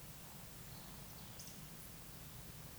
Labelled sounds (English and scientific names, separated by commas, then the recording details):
Eurasian Woodcock (Scolopax rusticola) whistle, Eurasian Woodcock (Scolopax rusticola) croak
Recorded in Baden-Württemberg, Germany, on 11 June 2021 at 20:08 UTC
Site 24606, 635 m above sea level